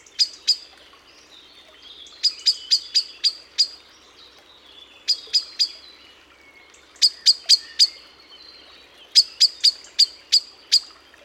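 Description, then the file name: Eurasian blackbird giving hard, metallic chinking notes in several rapid runs separated by brief silences. "Turdus merula"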